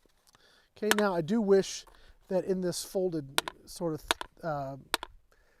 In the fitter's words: kind of this i wish it would lock into place when folded it doesn't so it sort of just flops there it's